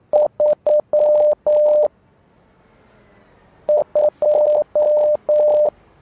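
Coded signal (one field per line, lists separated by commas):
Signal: Morse code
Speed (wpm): 9 wpm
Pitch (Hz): 600 Hz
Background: radio noise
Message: 3 2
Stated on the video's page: Heard in the psychological horror game Rise of Insanity.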